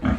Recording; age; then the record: pig call; growing-finishing pig (85 days or more)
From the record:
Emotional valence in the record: negative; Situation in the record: barren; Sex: female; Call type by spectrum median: low-frequency call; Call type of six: low-frequency stable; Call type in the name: low-frequency stable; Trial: 3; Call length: 0.19 s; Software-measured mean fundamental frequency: 37 Hz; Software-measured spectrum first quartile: 159 Hz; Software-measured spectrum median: 274 Hz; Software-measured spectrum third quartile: 813 Hz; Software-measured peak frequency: 240 Hz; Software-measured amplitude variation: 201 dB a second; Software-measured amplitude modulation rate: 13.4 a second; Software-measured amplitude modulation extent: 15.0 dB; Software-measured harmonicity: 0.3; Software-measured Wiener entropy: -1.20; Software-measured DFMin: 666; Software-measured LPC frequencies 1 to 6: 1378, 2169, 3183, 4193, 5210, 6152 Hz